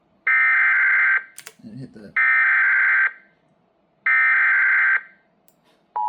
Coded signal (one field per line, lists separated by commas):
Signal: Emergency Alert System (SAME) tones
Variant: header bursts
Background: speech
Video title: Post-Ides of March Alerts - EAS Alerts from 3/15-16/26 (New EAS 980-986)